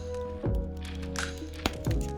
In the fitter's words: then of course his head does come off the ball joint and then the new head just pops right into place there